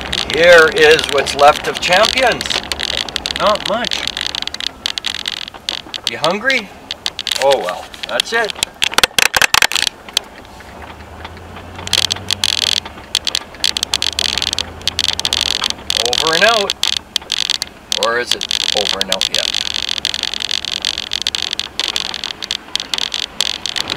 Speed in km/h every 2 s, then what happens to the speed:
26, 17, 11, 11, 11, 15, 17, 21, 21, 21, 20, 20.
0-4 brakes to 11. 8-14 speeds up to 21. 14-24 steady at about 21.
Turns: none.